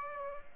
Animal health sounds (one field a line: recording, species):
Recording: mosquito wingbeat signal from an infrared sensor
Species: Aedes aegypti